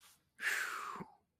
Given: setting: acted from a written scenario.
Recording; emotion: vocal sound without words; awe